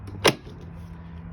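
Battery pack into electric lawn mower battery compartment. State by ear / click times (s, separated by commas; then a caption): seated / 0.3 s. A battery pack is lowered into an electric lawn mower's battery compartment and pushed down until it latches. A single sharp click sounds at 0.3 s over a low, steady hum, and the battery is seated in its bay.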